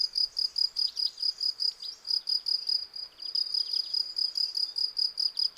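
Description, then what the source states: Field cricket song: clear, evenly spaced shrill chirps repeated rapidly, with soft bird twitters behind them. Several field crickets singing in a garden lawn at Val Maravel on 18 April 2020, for three days; freshly new wings give clear stridulation; Nagra Seven recorder with cardioid MKH40 microphone.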